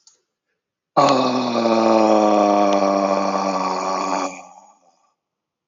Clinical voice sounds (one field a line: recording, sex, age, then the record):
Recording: vowel held as long as possible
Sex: male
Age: 50 to 59 years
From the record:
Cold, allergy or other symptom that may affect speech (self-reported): no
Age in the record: 58 years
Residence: New Jersey, United States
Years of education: 17